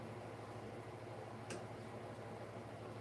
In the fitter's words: Okay, it kind of clicked into place, although it seems a little loose, but it's fine.